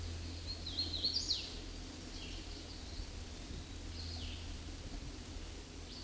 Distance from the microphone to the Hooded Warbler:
about 40 m